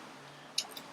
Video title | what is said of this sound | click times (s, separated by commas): Squadron ScaleWorkshop No.145 - Fitting the Cowls to Tamiya's New 1/48 Messerschmitt Bf 109 G-6 | again is clicked in place we can see here that's that's perfectly positioned | 0.6 s